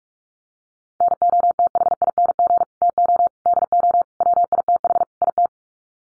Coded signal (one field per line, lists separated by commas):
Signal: Morse code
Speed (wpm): 44 wpm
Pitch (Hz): 700 Hz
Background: none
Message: NOTHING TO DO WITH IT